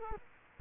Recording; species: mosquito wingbeat signal from an infrared sensor; Culex quinquefasciatus